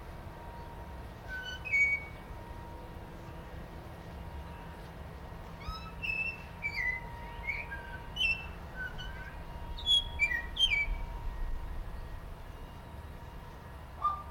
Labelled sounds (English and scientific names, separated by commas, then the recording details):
Golden Myna (Mino anais)
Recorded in captivity
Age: adult
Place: Zoo Berlin, Berlin, DE
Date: 1992-11-07
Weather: bedeckt, 14°C
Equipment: Marantz CP 430, Sennheiser ME 80, Kopie Tesla B 116
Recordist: Tembrock, Günter